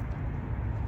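A JB4 tuner wiring harness connector is being handled and lined up to push onto the factory engine sensor connector on the passenger side of an Infiniti Q60. Only a steady low rumble is heard for 0.9 seconds, with no sharp transients. Nothing has seated or clicked yet.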